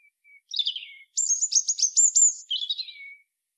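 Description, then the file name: European robin song with a thin opening note, a warbled phrase, then a rapid run of very high ticking notes and a falling twittery ending. "Erithacus rubecula"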